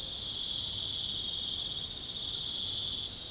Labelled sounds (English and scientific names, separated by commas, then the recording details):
none
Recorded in pastures near Puerto Asís, Putumayo, Colombia, on 29 June 2025 at 23:00
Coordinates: 0.497, -76.327
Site G040